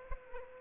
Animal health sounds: mosquito wingbeat signal from an infrared sensor; Aedes aegypti

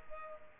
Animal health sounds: mosquito wingbeat signal from an infrared sensor; Culex quinquefasciatus

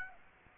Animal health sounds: mosquito wingbeat signal from an infrared sensor; Aedes aegypti

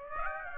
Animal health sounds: mosquito wingbeat signal from an infrared sensor; Aedes aegypti

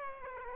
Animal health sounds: mosquito wingbeat signal from an infrared sensor; Aedes aegypti

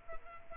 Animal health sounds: mosquito wingbeat signal from an infrared sensor; Culex quinquefasciatus

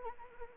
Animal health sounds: mosquito wingbeat signal from an infrared sensor; Anopheles arabiensis

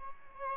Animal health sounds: mosquito wingbeat signal from an infrared sensor; Aedes albopictus

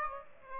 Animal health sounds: mosquito wingbeat signal from an infrared sensor; Aedes aegypti

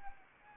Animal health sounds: mosquito wingbeat signal from an infrared sensor; Anopheles arabiensis

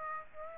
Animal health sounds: mosquito wingbeat signal from an infrared sensor; Aedes aegypti

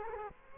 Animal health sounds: mosquito wingbeat signal from an infrared sensor; Culex quinquefasciatus

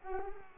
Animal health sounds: mosquito wingbeat signal from an infrared sensor; Culex pipiens

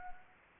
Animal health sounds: mosquito wingbeat signal from an infrared sensor; Anopheles arabiensis

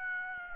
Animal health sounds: mosquito wingbeat signal from an infrared sensor; Aedes aegypti

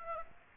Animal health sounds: mosquito wingbeat signal from an infrared sensor; Aedes aegypti

